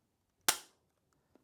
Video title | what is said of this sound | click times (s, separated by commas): Claber Video 2 Water Timer Tutorial - How to Program & Set Up | There we are, that's clipped in now. | 0.5 s